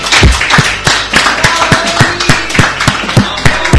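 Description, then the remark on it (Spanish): Loud, dense applause from an audience at an evening show, a steady wash of many hands clapping with sharp, strong claps standing out in a roughly regular rhythm throughout. No one speaks. “Voy a pedir un fuerte aplauso para ustedes por haber venido a compartir esta noche con nosotros.”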